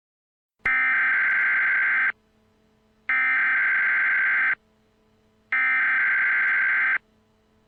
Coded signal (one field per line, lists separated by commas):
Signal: Emergency Alert System (SAME) tones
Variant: header bursts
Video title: Tornado Emergency EAS Alert Remake | Pasadena, TX Tornado |